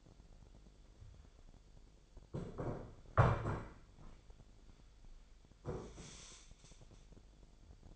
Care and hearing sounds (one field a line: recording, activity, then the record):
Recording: daily activity, microphone in the room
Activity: sit down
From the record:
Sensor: 5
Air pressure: 1008.1 hPa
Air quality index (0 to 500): 154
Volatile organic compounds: 3 ppm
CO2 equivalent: 1473 ppm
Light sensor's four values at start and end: 58/164/64/64 and 59/165/64/64